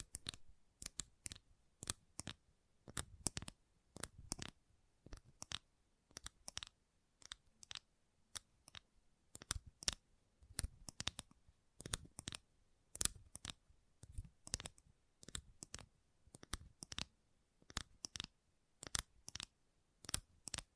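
Gentle tapping in quick, irregular clusters of sharp clicky taps, about two or three per second, with near silence between them throughout.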